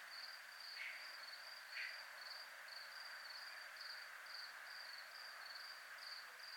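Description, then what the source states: Crickets chirp in a steady, high, pulsing trill, with two brief rough bursts near the start. Several crickets, recorded at a military zone (zona militar).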